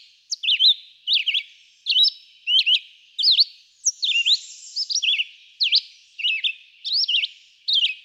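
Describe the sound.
Red-eyed vireo: repeated short slurred whistles, some rising, some dropping sharply, coming in quick succession with small gaps, a faint high wash in the background.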